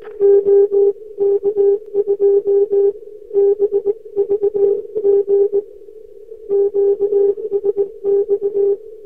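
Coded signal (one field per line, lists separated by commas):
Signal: Morse code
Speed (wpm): 19 wpm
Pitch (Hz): 400 Hz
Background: none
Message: OK2BVG QSX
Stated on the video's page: Telegraph sound effect, free royalty-free compilation of Morse code telegraph-sending sounds.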